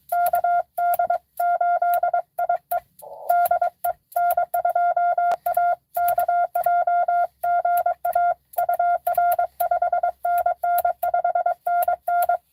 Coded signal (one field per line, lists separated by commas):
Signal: Morse code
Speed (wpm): 22 wpm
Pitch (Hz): 690 Hz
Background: none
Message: KD8IE DE N2AKJ GA UR 5NN 5NN